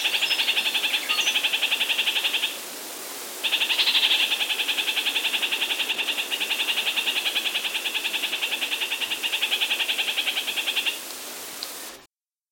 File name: Red-Crowned Parakeet